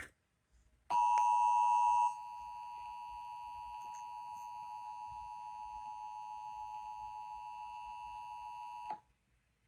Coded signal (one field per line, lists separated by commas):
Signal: Emergency Alert System (SAME) tones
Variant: 853 and 960 Hz attention tone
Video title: NEW YEAR, NEW TESTS, NEW FORMAT! EAS Tests from January 2023